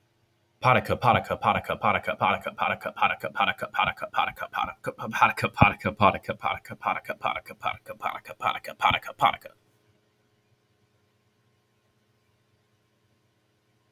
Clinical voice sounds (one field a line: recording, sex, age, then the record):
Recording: repeated syllables /pa ta ka/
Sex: male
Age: 20 to 29 years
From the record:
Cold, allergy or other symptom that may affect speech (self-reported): no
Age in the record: 20 years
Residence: Texas, United States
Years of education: 14